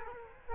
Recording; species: mosquito wingbeat signal from an infrared sensor; Culex quinquefasciatus